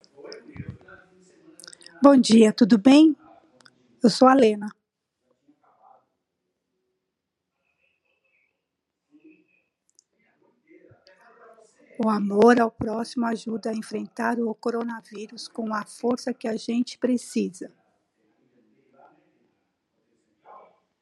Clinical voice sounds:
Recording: spoken sentence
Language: Brazilian Portuguese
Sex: female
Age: 60 to 69 years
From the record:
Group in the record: control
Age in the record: 60 years

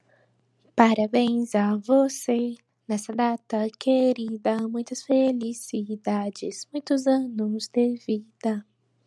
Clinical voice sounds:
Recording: short text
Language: Brazilian Portuguese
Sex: female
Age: 20 to 29 years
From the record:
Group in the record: control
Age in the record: 24 years

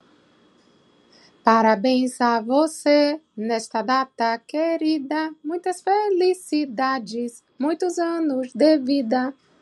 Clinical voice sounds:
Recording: short text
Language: Brazilian Portuguese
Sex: female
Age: 40 to 49 years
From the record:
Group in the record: control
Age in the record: 45 years

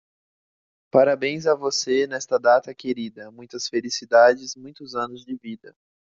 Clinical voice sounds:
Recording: short text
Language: Brazilian Portuguese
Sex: male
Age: 20 to 29 years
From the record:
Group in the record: control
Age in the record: 29 years

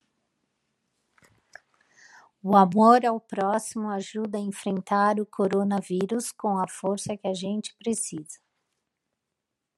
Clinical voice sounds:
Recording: spoken sentence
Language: Brazilian Portuguese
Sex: female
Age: 50 to 59 years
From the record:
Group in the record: control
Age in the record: 51 years

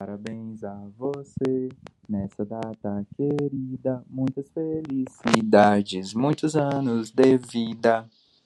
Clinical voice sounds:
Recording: short text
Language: Brazilian Portuguese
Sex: male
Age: 30 to 39 years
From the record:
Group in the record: control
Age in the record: 30 years

